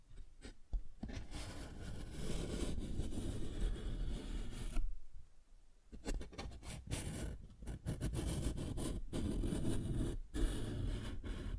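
A paper bag is scratched and rubbed in a dense, steady rustle, broken by sharp taps near the start and again several times after the six-second mark. Around five seconds the scratching briefly drops away to near quiet before resuming.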